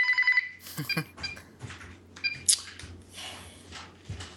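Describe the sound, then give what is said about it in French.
A home landline telephone gives a short, bright electronic ring at the start, a rapid warbling burst, followed by scattered clattering and rustling noises with a low hum underneath. “C'est quoi, là? T'as pas mis ton téléphone de maison en mode.”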